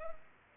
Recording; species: mosquito wingbeat signal from an infrared sensor; Culex pipiens